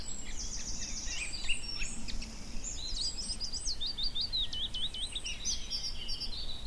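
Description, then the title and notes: Garden warbler song, a quick jumble of high warbled and twittering notes in several bursts, with a faint low hum underneath. Male, a migrant, singing in spring on a scrubby hillside among hawthorns in bloom; described as fluted, frenetic song. "Sound escape 65: be enchanted by the little-known song of the garden warbler. As the scrubby hillside hawthorns burst into burst into bloom, the musky vanilla perfume of the white mayflowers encourages a male garden warbler into his fluted song. Recorded by Fergus Collins"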